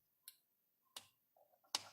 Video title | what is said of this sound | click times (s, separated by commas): [초보 앵글러 꿀팁] 자가정비 방법 대방출 (feat. 도요 라그나 정비) 편 2부. | 꾹 누르면 지금 들으셨죠? 딱딱 소리가 납니다. | 1.0 s, 1.8 s